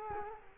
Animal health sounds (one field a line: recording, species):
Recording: mosquito wingbeat signal from an infrared sensor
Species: Culex quinquefasciatus